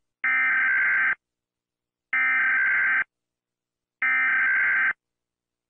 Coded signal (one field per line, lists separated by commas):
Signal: Emergency Alert System (SAME) tones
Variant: header bursts